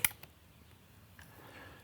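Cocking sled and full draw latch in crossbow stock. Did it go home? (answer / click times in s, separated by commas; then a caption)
yes / 0.1 s. On an Excalibur Hybrid X compound/recurve combo crossbow, the cocking sled is cranked back to the end of its travel and latches at full draw in the stock with a sharp click at 0.1 s. Two fainter ticks follow near 0.2 s and 1.2 s over quiet background. The sled is seated home at full draw.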